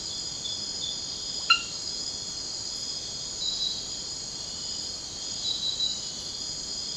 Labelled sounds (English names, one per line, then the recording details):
none
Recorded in secondary vegetation near Puerto Asís, Putumayo, Colombia, on 13 March 2025 at 02:00
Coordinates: 0.498, -76.327
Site G001